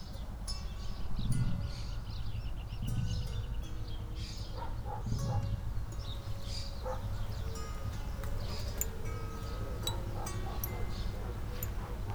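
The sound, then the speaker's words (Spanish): Pigeons coo in low, soft, repeated phrases, about three spaced coos in the first half, while sharp bird chirps and faint clinking sounds scatter across a steady background hum. “Las palomas estarán de acuerdo.”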